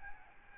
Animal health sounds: mosquito wingbeat signal from an infrared sensor; Aedes albopictus

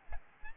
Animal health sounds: mosquito wingbeat signal from an infrared sensor; Aedes aegypti

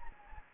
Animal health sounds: mosquito wingbeat signal from an infrared sensor; Anopheles gambiae

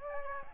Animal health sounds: mosquito wingbeat signal from an infrared sensor; Aedes aegypti

